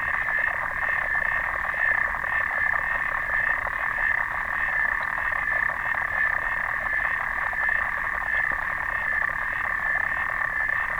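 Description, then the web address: Clawed frog calls as a ceaseless run of fast clicks, forming a uniform metallic buzz from start to finish. "sounds xenopus"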